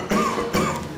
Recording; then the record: coughing mixed with background sound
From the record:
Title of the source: Wet Throat Infection Cough